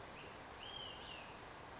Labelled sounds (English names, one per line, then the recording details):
Olive-sided Flycatcher
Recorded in Sonoma County, California